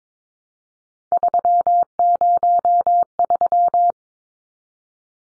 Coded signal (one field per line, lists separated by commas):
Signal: Morse code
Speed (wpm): 22 wpm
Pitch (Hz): 700 Hz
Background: none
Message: 303